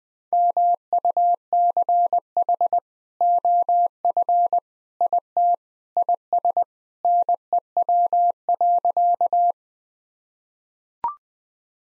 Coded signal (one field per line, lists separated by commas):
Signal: Morse code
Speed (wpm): 19 wpm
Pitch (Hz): 700 Hz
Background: none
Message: MUCH OF IT IS NEW.